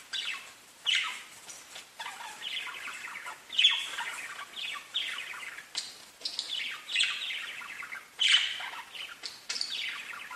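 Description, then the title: Budgerigar chatter with scattered sharp chirps and raspy squeaky notes over a steady murmur of softer warbling. "Budgie Sounds"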